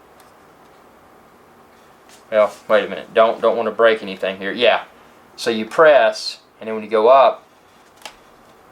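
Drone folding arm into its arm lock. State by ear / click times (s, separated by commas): seated / 8.1 s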